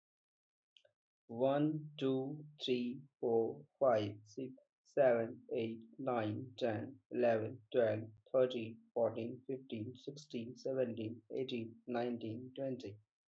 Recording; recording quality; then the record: counting at a normal pace; excellent, no background noise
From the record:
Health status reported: healthy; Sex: male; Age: 25 years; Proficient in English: yes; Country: India